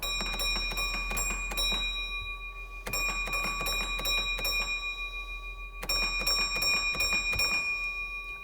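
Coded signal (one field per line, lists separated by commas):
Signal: bell signal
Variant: railway block bell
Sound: three quick groups of bell strikes with ringing tone and short pauses between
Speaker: And then the opening bell signal. Do you know what the opening bell signal is? Five five five.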